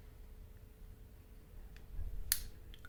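With the decoding lever held, the last number dial of an Ojmar combination cam lock is turned until it locks into place with one sharp click at 2.3 s, showing the digit 4. Fainter ticks come at 1.8 s, 2.7 s and 2.9 s over a quiet low hum.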